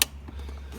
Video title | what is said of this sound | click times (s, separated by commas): [Kia Sorento] Calibrating the handbrake / e-brake | that's now two clicks in total | 0.0 s